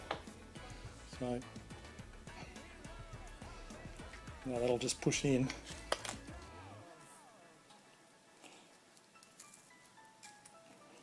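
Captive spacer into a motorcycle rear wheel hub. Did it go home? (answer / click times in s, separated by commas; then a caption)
no / none. A captive spacer is pushed by hand into the rear wheel hub of a 2007-2017 Honda CBR600RR motorcycle while someone talks, with soft handling noises and brief sharp taps at about 0.1 s and 5.9 s. The clip ends before the spacer goes home, so nothing has seated or clicked yet.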